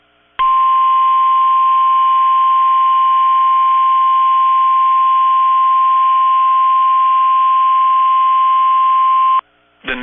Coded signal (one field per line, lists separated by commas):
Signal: Emergency Alert System (SAME) tones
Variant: 1050 Hz attention tone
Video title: EAS 1853-1859 (5/21/22)